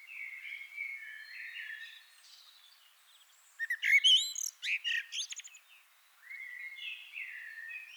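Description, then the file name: Eurasian blackbird song: soft warbling at first, then a loud burst of fluted notes and high chattering twitters, then quiet warbling again. "Turdus merula"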